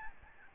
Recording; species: mosquito wingbeat signal from an infrared sensor; Aedes albopictus